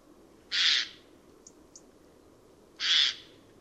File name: Garrulus glandarius